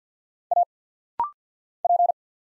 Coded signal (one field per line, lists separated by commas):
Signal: Morse code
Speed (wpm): 48 wpm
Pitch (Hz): 700 Hz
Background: none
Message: A P